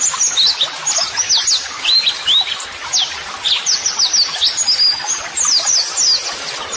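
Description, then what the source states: White-eye song: dense, high twittering of quick chirps and short rising and falling whistles, continuous throughout with little pause. White-eye (pleci) singing vigorously ('gacor'); song used as a model (masteran) for training other birds.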